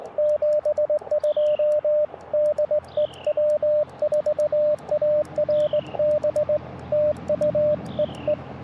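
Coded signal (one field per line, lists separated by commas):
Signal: Morse code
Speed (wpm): 19 wpm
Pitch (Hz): 600 Hz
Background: radio noise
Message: 72 DE W4ARB TU EE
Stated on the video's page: QRP Parks on the Air activation in Tuskegee National Forest, sent with a cootie key from an Elecraft KX2 into a mil whip with loading coil, including a contact with Australia.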